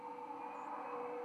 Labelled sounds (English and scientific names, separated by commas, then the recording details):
White-throated Sparrow (Zonotrichia albicollis) flight call
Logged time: 00:06 on 31 October 2014